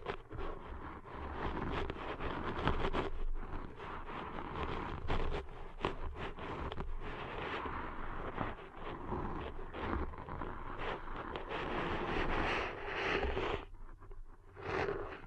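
Ear cleaning sounds as dense, scratchy rubbing and crackling come in quick uneven bursts over a low rumble, briefly easing near fourteen seconds.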